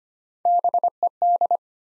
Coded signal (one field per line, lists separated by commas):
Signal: Morse code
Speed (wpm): 25 wpm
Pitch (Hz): 700 Hz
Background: none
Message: BED